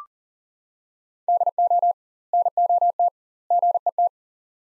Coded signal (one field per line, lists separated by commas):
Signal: Morse code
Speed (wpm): 37 wpm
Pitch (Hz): 700 Hz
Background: none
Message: DO NOT GET